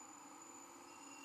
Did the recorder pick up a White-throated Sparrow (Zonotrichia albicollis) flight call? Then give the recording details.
no. No flight call is heard. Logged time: 01:59 on 12 November 2014